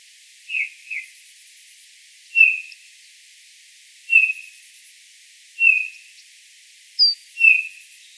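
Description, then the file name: Eurasian bullfinch piping: about seven soft whistled notes, a quick pair first, then single notes every second and a half or so, one brief note pitched higher. "Pyrrhula pyrrhula"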